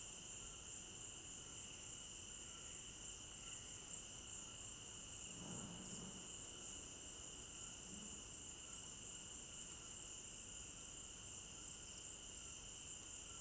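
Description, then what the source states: Crickets keep up an unbroken high trilling chorus in two steady pitch bands, while a brief low thud or rustle sounds around the middle and a softer one follows. Crickets at night in an African village garden, recorded in stereo binaural.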